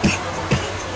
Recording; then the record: coughing mixed with background sound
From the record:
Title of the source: Dry Coughing Fit in the Afternoon.